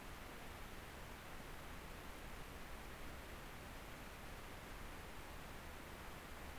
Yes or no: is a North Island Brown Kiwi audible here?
no